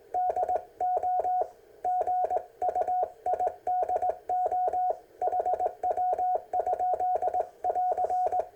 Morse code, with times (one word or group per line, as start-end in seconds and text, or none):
0.1-1.4 DO
1.9-4.9 GUIDO
5.2-8.4 HW?<AR>